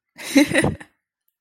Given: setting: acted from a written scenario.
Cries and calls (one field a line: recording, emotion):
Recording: vocal sound without words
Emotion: amusement